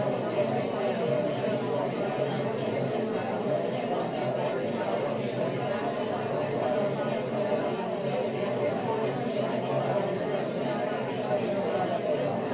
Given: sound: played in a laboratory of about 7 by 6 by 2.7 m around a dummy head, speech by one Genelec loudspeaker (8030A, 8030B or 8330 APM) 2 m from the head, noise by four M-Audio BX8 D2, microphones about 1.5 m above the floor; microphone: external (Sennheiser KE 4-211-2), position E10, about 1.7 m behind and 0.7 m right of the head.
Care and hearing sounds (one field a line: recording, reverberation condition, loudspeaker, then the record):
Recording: babble noise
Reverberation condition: low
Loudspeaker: four, about 170 cm from the corners of the room and facing them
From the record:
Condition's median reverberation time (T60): about 310 ms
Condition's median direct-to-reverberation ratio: about 3.5 dB